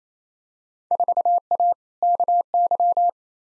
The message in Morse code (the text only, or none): 4A KY